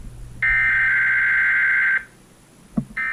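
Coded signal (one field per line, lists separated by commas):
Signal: Emergency Alert System (SAME) tones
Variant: header bursts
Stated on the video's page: KDKA Required Weekly Test on KDKA AM, then relayed on KPL20.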